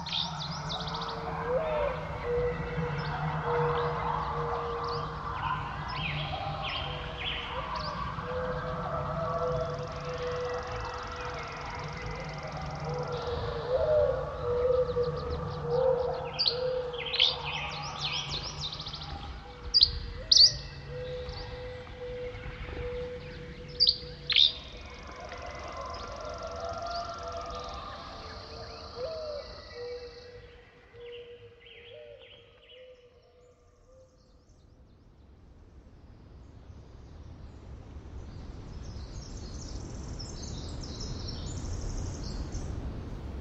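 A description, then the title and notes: A dawn chorus of many birds chirping and calling over a steady low rumble. Bright sharp notes peak around twenty to twenty-five seconds, then the birdsong thins and fades near thirty-five seconds, leaving only faint chirps over the background hum. A dawn chorus in Eastern Washington. These sounds were recorded by Gordon Hempton the Sound Tracker and co-founder of Quiet Parks International .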